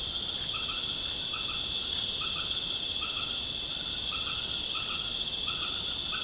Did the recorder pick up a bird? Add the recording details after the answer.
no. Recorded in pastures near Puerto Asís, Putumayo, Colombia, on 29 June 2025 at 19:00. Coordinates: 0.496, -76.326. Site GP01